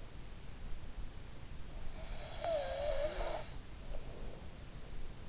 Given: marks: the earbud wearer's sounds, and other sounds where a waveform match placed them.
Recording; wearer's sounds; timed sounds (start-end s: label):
sounds in sleep by an in-ear microphone; snoring breath
1.74-3.97 s: snoring breath